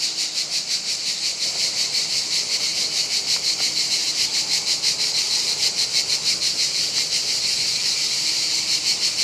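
Steady shrill cicada drone, a high hiss pulsing rapidly and evenly for the whole stretch, with no other clear sounds.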